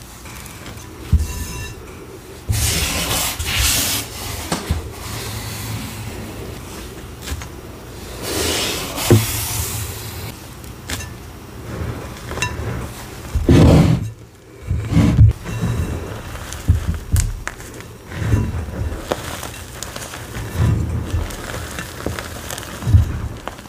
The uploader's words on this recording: Relaxing ASMR gym chalk bomb carving and crush with MARBLERS pigment and Gholibn glitter.